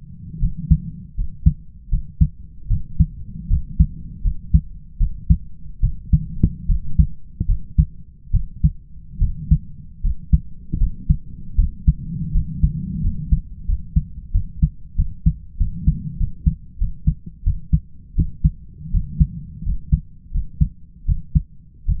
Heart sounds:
heart sounds by stethoscope; 81 bpm
0.39 s: heartbeat
1.15 s: heartbeat
1.89 s: heartbeat
2.68 s: heartbeat
3.48 s: heartbeat
4.22 s: heartbeat
4.98 s: heartbeat
5.80 s: heartbeat
6.66 s: heartbeat
7.46 s: heartbeat
8.31 s: heartbeat
9.19 s: heartbeat
10.01 s: heartbeat
10.78 s: heartbeat
11.55 s: heartbeat
12.32 s: heartbeat
13.01 s: heartbeat
13.65 s: heartbeat
14.31 s: heartbeat
14.95 s: heartbeat
15.57 s: heartbeat
16.17 s: heartbeat
16.78 s: heartbeat
17.43 s: heartbeat
18.15 s: heartbeat
18.91 s: heartbeat
19.63 s: heartbeat
20.31 s: heartbeat
21.05 s: heartbeat
21.85 s: heartbeat
From the record:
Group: healthy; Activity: rest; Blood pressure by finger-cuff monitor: 123/75 mmHg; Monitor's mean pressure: 86 mmHg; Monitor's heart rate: 78 bpm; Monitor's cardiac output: 5.3 L/min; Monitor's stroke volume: 70 mL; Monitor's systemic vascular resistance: 1170 dyn s/cm5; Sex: male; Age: 20 years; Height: 167 cm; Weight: 61 kg

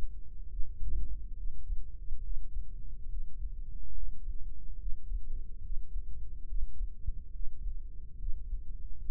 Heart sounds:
heart sounds by microphone in the right ear; 70 bpm
0.48 s: heartbeat
1.35 s: heartbeat
2.21 s: heartbeat
3.07 s: heartbeat
3.92 s: heartbeat
4.77 s: heartbeat
5.61 s: heartbeat
6.46 s: heartbeat
7.31 s: heartbeat
8.17 s: heartbeat
9.03 s: heartbeat
From the record:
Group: healthy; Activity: breath hold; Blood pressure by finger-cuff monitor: 120/71 mmHg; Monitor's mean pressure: 85 mmHg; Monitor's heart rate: 71 bpm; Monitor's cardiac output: 5.8 L/min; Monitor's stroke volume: 83 mL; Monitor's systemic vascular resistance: 1050 dyn s/cm5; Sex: female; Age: 22 years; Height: 160 cm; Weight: 63 kg

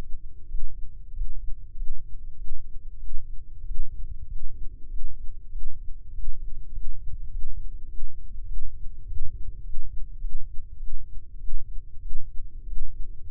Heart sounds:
heart sounds by microphone in the left ear; 98 bpm
0.45 s: heartbeat
1.10 s: heartbeat
1.73 s: heartbeat
2.34 s: heartbeat
2.96 s: heartbeat
3.62 s: heartbeat
4.25 s: heartbeat
4.86 s: heartbeat
5.48 s: heartbeat
6.11 s: heartbeat
6.70 s: heartbeat
7.28 s: heartbeat
7.86 s: heartbeat
8.44 s: heartbeat
9.03 s: heartbeat
9.61 s: heartbeat
10.18 s: heartbeat
10.76 s: heartbeat
11.36 s: heartbeat
11.98 s: heartbeat
12.64 s: heartbeat
13.25 s: heartbeat
From the record:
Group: healthy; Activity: rest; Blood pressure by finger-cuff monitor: 127/90 mmHg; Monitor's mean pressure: 102 mmHg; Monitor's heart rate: 98 bpm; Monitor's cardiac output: 6.7 L/min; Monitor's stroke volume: 68 mL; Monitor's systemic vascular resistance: 1140 dyn s/cm5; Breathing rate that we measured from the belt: 20 breaths a minute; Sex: male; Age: 21 years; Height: 180 cm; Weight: 67.5 kg

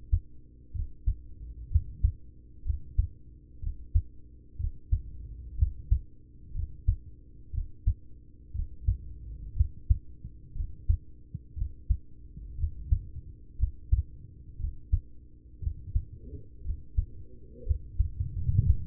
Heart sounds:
heart sounds by stethoscope; 60 bpm
0.71 s: heartbeat
1.67 s: heartbeat
2.62 s: heartbeat
3.59 s: heartbeat
4.56 s: heartbeat
5.54 s: heartbeat
6.51 s: heartbeat
7.50 s: heartbeat
8.51 s: heartbeat
9.53 s: heartbeat
10.52 s: heartbeat
11.53 s: heartbeat
12.55 s: heartbeat
13.55 s: heartbeat
14.56 s: heartbeat
15.59 s: heartbeat
16.61 s: heartbeat
17.63 s: heartbeat
18.62 s: heartbeat
From the record:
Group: heart failure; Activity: rest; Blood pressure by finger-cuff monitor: 111/62 mmHg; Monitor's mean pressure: 77 mmHg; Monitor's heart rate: 61 bpm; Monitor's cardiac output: 5.6 L/min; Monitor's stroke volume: 90 mL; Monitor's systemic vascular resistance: 1000 dyn s/cm5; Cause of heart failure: ischemic heart disease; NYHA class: 1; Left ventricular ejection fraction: 33%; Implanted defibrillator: present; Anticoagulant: apixaban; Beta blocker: carvedilol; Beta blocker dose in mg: 18.75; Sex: male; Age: 39 years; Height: 168 cm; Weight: 72 kg

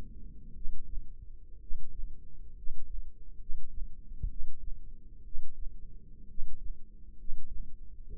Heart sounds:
heart sounds by microphone in the left ear; 64 bpm
0.53 s: heartbeat
1.59 s: heartbeat
2.55 s: heartbeat
3.38 s: heartbeat
4.28 s: heartbeat
5.23 s: heartbeat
6.27 s: heartbeat
7.17 s: heartbeat
8.09 s: heartbeat
From the record:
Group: healthy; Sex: male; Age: 24 years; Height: 184 cm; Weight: 89 kg

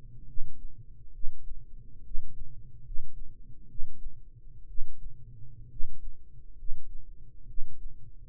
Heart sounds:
heart sounds by microphone in the right ear; 67 bpm
0.24 s: heartbeat
1.10 s: heartbeat
2.01 s: heartbeat
2.81 s: heartbeat
3.65 s: heartbeat
4.65 s: heartbeat
5.66 s: heartbeat
6.53 s: heartbeat
7.44 s: heartbeat
From the record:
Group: healthy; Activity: rest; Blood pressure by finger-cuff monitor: 106/54 mmHg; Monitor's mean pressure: 66 mmHg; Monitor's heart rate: 69 bpm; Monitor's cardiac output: 8 L/min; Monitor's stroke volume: 117 mL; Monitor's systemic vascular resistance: 580 dyn s/cm5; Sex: male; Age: 22 years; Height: 185 cm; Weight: 112.4 kg

